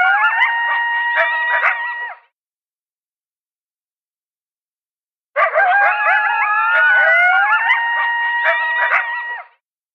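Coyote yips and quavering howls in a short burst, a three-second silence, then a longer outburst of overlapping sliding wails and yelps.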